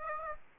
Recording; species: mosquito wingbeat signal from an infrared sensor; Aedes aegypti